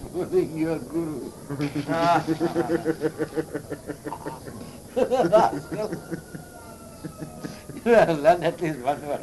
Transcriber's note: laughter